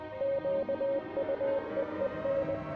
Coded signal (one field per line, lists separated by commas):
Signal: Morse code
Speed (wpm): 20 wpm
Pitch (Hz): 550 Hz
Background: music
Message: QUEEN